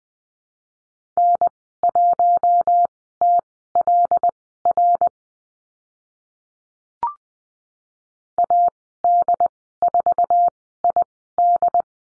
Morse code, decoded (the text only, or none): N1TLR AD4ID